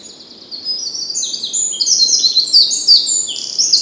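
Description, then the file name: Eurasian wren song: a rapid, high, jumbled cascade of sharp notes and trills that grows louder and continues past three seconds. "Troglodytes troglodytes"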